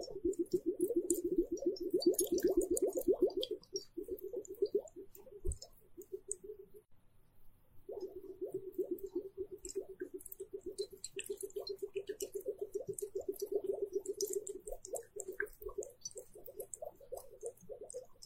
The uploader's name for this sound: Water droplets and hourglass